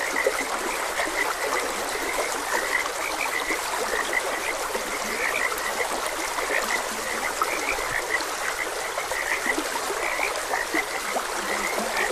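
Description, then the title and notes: Dense chorus of frogs, rapid raspy croaks overlapping throughout, accompanied by the constant sound of a flowing stream. Frogs croaking beside a gentle stream. "Gentle Stream and Frogs Croaking. Sleep and Relaxation Podcast"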